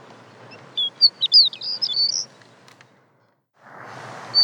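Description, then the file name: Horned lark giving a quick jumble of thin, high twittering notes that rise and fall, then a short silence before a rushing noise returns. "berglarka"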